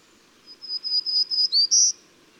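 Bird song: a brief run of several high, thin whistled notes, ending with a stronger note, with little background noise.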